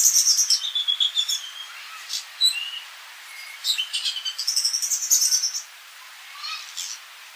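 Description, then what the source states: Bull-headed shrike chattering calls, harsh rapid note bursts mixed with varied high chirps and short whistles, with quieter pauses between bouts. Recorded on 30 March 2014.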